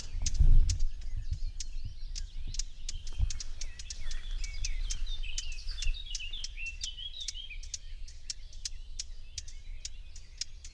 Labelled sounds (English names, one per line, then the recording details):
Common Whitethroat call
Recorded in the wild
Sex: pair
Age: adult
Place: Parsteinwerder, Parsteiner See, Brandenburg, DE
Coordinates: 52.9575, 13.9733
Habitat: wood
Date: 2007-06-06 06:10
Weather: overcast, ca. 15°C, no wind
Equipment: Sound Devices 702, Sennheiser MKH 416 T, Windkorb
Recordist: Frommolt, Karl-Heinz